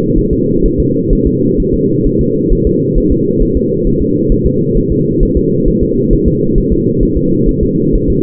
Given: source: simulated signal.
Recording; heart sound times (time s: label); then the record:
fetal heart sounds
0.18 s: S1
0.33 s: S2
0.66 s: S1
0.80 s: S2
1.13 s: S1
1.27 s: S2
1.60 s: S1
1.74 s: S2
2.07 s: S1
2.21 s: S2
2.53 s: S1
2.67 s: S2
2.98 s: S1
3.12 s: S2
3.43 s: S1
3.57 s: S2
3.87 s: S1
4.02 s: S2
4.32 s: S1
4.46 s: S2
4.77 s: S1
4.92 s: S2
5.23 s: S1
5.37 s: S2
5.68 s: S1
5.83 s: S2
6.13 s: S1
6.28 s: S2
6.58 s: S1
6.72 s: S2
7.03 s: S1
7.17 s: S2
7.49 s: S1
7.63 s: S2
7.95 s: S1
8.10 s: S2
From the record:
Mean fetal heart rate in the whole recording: 130 bpm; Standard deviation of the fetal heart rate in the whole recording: 4 bpm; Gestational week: 38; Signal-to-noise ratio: -11.2 dB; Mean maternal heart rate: 72 bpm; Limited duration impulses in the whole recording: present